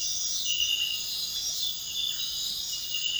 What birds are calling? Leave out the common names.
none